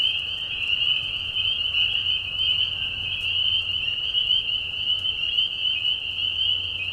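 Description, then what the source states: Spring peeper chorus of high, piercing whistles overlapping steadily throughout, backed by a faint low rumble that comes and goes. Mating call of many spring peepers in a marsh at night during a short spring season, Tiny Marsh Conservation Area, Tiny, Ontario; high whistles at low volume.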